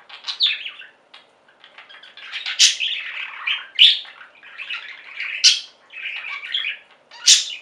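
Budgerigar calls, groups of buzzy warbled chirps separated by short pauses, with sharp loud squeaks standing out several times.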